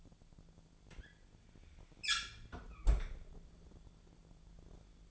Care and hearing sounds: daily activity, microphone in the room; close fridge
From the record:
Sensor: 5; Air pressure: 1000.2 hPa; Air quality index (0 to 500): 100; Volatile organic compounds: 1 ppm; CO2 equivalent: 812 ppm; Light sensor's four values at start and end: 219/517/222/243 and 217/511/220/240

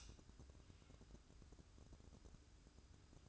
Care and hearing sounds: daily activity, microphone in the room; light on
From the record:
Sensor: 2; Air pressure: 1007.7 hPa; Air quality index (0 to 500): 68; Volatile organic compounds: 1 ppm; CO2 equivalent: 615 ppm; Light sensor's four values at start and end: 9/20/8/9 and 13/36/15/14

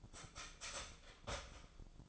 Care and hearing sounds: daily activity, microphone in the room; start toaster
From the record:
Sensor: 5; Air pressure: 1009.3 hPa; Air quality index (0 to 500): 170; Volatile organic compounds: 4 ppm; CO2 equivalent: 1644 ppm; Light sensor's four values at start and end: 88/235/95/100 and 88/235/95/100

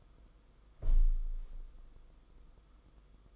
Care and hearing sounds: daily activity, microphone in the room; close window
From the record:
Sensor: 5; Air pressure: 990.5 hPa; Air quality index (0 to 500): 165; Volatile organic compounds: 307 ppm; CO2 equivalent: 4498 ppm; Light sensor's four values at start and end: 17/40/16/18 and 17/40/16/18

